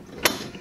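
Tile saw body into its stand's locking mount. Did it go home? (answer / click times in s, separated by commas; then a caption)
yes / 0.2 s. The rear of an IQ dry-cut tile saw is dropped onto its metal stand, and the saw's locking mechanism latches into the stand's locking mount with a sharp, bright mechanical click at about 0.3 s. A much fainter tick follows near 0.6 s over a low background hum. The saw is seated and locked in place.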